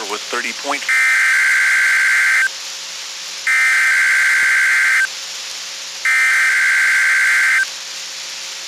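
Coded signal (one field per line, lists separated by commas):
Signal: Emergency Alert System (SAME) tones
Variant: header bursts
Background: speech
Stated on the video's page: NOAA Weather Radio required weekly tests.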